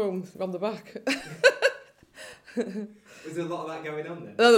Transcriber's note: laughter